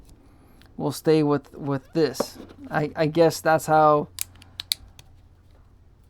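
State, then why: Seated. A DJI Action 5 Pro action camera is fitted onto its plastic quick-detach mount with magnetic latch clips while someone talks. Sharp snaps at 4.6 s and 4.7 s mark the camera seating in the mount. This way works, though the mount does not latch on every time.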